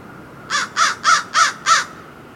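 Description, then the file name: American crow giving five loud, harsh caws in an even series, each about a third of a second apart. "Corvus brachyrhynchos - American Crow"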